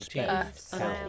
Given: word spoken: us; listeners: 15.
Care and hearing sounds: one English word in noise, from a listening test; four-talker babble; -1.2 dB; 1 of 15; 12 of 15; 0.69 s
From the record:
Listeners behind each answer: 12, 1, 1, 1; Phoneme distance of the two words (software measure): 20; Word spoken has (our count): 1 syllable, 2 phonemes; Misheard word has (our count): 1 syllable, 2 phonemes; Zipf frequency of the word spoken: 6.15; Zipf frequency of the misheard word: 5.00

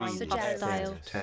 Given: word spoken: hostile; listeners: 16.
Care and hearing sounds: one English word in noise, from a listening test; four-talker babble; -1.0 dB; 0 of 16; 9 of 16; 0.83 s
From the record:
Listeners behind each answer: 9, 6, 1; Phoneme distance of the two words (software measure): 48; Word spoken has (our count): 2 syllables, 6 phonemes, stress on syllable 1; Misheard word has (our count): 2 syllables, 6 phonemes, stress on syllable 2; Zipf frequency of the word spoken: 3.76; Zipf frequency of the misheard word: 4.63

